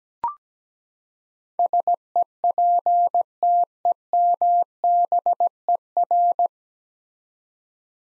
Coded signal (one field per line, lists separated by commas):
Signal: Morse code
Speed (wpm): 17 wpm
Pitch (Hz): 700 Hz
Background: none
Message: SEPTEMBER